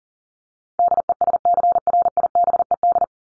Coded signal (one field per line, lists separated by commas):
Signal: Morse code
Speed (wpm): 40 wpm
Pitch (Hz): 700 Hz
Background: none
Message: DESCRIBED